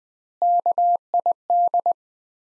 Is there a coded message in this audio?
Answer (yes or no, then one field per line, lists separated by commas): yes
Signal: Morse code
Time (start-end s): 0.4-1.9 s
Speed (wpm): 20 wpm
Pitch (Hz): 700 Hz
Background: none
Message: KID